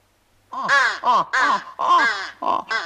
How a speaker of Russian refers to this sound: Скорее на юг, скорее на юг, на юг. И все утки стали громко крякать в знак одобрения.